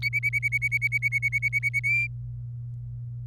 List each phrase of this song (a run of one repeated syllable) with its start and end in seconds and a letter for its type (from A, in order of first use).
0.02-1.80 A, 1.84-2.07 B